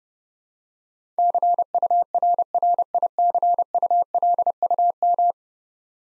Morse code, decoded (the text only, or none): CURRICULUM